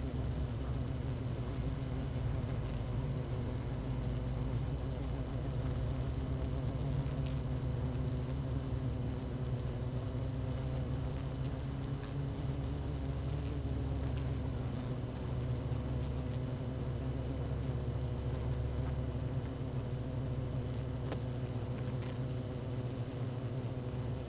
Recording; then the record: honeybee colony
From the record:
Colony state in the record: active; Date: 12 June 2018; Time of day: 17:03